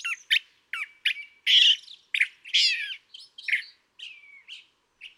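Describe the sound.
California thrasher song of harsh squawky phrases and rich raspy notes, interspersed with a few thin whistled slurs, in quick succession.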